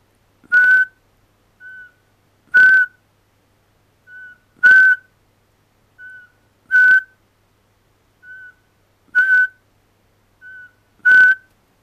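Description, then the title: Eurasian pygmy owl whistles, loud piping notes about every two seconds alternating with softer matching notes between them, in quiet surroundings. "Varpuspöllö"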